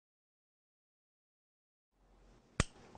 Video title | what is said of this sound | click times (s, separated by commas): QEC EnCore® Sampler Training | it in your tea handle you hear it snap in you want to check the to make sure that it is tight in there | 2.6 s